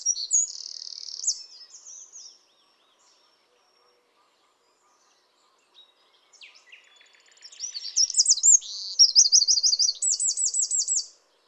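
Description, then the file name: Eurasian wren song: a high, rapid jumble of thin notes, a pause of several seconds, then a loud burst of fast, ringing trills and rattles. "Troglodytes troglodytes"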